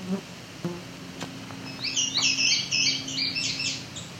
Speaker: That's indigo bunting, male, very deep blue color, almost iridescent, if not iridescent.